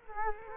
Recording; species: mosquito wingbeat signal from an infrared sensor; Culex quinquefasciatus